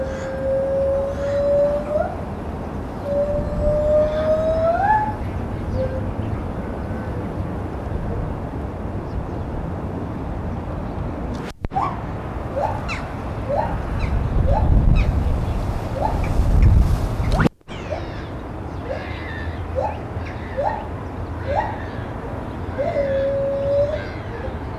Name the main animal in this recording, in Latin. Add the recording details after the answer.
Hylobates lar. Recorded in captivity. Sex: female. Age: adult. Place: Tierpark Berlin, Berlin, DE. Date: 1974-11-30 10:18. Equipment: Uher 4200 Report Stereo, Verstärker, Sennheiser MD 421. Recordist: Tembrock, Günter